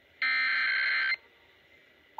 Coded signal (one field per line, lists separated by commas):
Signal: Emergency Alert System (SAME) tones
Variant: header bursts